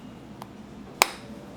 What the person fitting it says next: Hace un sonido agradable al chasquido, ¿verdad?